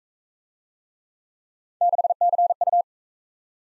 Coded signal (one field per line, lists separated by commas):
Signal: Morse code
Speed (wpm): 40 wpm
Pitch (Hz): 700 Hz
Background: none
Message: 6CU